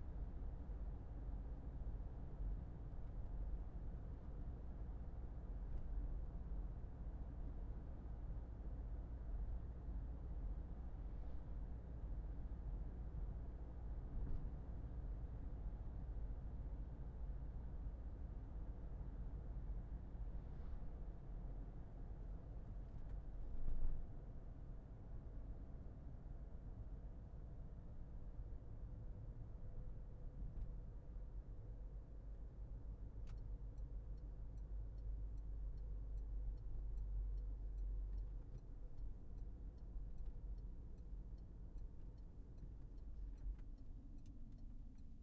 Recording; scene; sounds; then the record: everyday scene through a hearing-aid microphone; in a vehicle; engine, traffic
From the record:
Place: Berlingo II, diesel engine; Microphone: behind the ear, left, rear